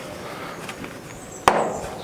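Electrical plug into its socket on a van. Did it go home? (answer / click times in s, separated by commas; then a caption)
yes / 1.5 s. An electrical plug on an old Bedford CA van (Windsor) is pushed into its socket. After a faint tap at 0.8 s, a single sharp, bright click sounds at 1.5 s as the plug pops in and seats, followed by a short ringing tail over low background noise.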